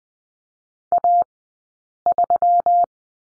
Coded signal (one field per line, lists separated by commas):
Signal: Morse code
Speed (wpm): 20 wpm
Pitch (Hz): 700 Hz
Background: none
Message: A3